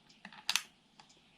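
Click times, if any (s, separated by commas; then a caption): 0.5 s, 0.6 s. A tilted SO-DIMM RAM module is pressed gently down into the memory slot of an Acer Predator Helios 300 laptop until the side retaining clips snap over it. After a few faint light ticks, a sharp double click comes at 0.5 s and 0.6 s as both metal clips latch, followed by one more soft tick near 1.0 s. The module is seated.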